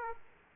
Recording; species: mosquito wingbeat signal from an infrared sensor; Aedes aegypti